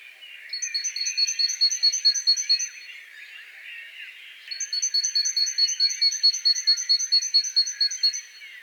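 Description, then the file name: Great tit song in two bursts, each a long string of sharp, ringing two-note phrases at an even pace, separated by a short pause with faint background hiss. "Parus major"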